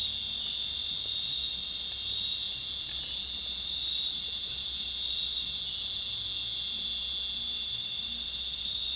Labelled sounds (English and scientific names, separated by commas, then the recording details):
none
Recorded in dense forest near Puerto Asís, Putumayo, Colombia, on 19 March 2025 at 20:30
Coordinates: 0.484, -76.317
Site G064